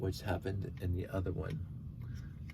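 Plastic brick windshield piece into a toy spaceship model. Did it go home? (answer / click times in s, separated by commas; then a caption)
yes / 2.5 s. A plastic LEGO-style windshield/canopy piece on a Futuron set, a toy spaceship model, is swung up and pressed until it locks into place. Someone talks through most of the clip, and a sharp click is heard at 2.5 s as the piece seats.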